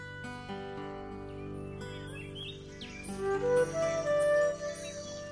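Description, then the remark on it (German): Rainforest birds chirp and whistle in quick, high rising calls that grow louder and busier in the second half, layered over a steady, low humming drone. No one speaks. “Still sitze ich da und lausche den Geräuschen des Regenwalds, dem Rascheln des Buschwerks, dem Knarren und Knacken der mächtigen Baumriesen und dem Gesang der Vögel.”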